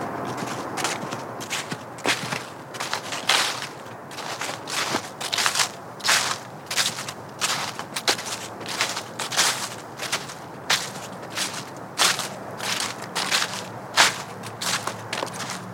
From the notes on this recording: Trek over the creek and through the woods (and field) on a simple trail in Wahlfield Park.